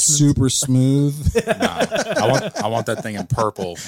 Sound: laughing